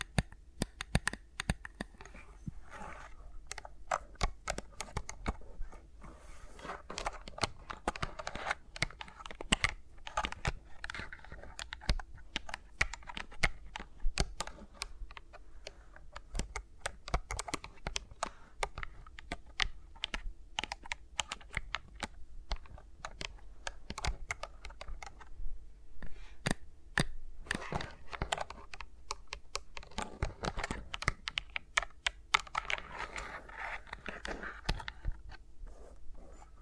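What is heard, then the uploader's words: Fingers tap and brush closely around microphones, making dense, irregular clicks that sound much like fast typing and continue for the whole recording. Softer rustling swells come through now and then, most noticeably in the second half. A low, steady hum sits underneath. ASMR with Mics Around My Fingers (No Talking).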